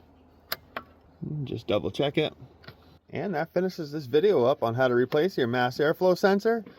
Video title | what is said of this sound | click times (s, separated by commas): MAF sensor replacement, 2018 - 2024 Toyota Camry | You should hear it lock. | 0.5 s, 0.8 s